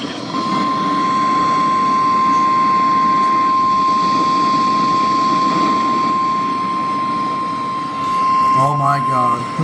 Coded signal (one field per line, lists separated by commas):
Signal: Emergency Alert System (SAME) tones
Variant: 1050 Hz attention tone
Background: speech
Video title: A "SLIGHT"LY Crazy Day. | EAS Alerts from 5/27/24 | EAS#646-668